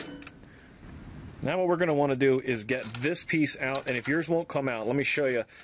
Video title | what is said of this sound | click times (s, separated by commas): New Cap Frame from Baby Lock - In Depth Demo and Review | then once it's on here and lined up, you just push straight forward and it'll just click into place. | 0.3 s